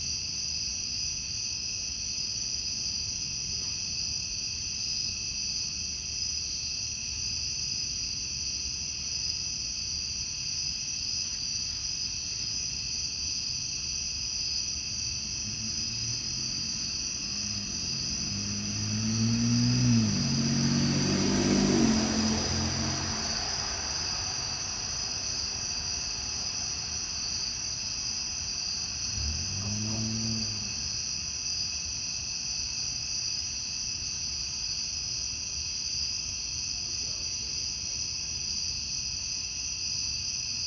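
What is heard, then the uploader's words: Cicadas drone steadily throughout in a bright, unbroken high buzz. A car passes around the middle, its low engine sound rising and falling in pitch as it goes. A second, fainter low rumble comes briefly near the thirty-second mark. Ext Cicadas, Car Driving By, Summer by Bandeto.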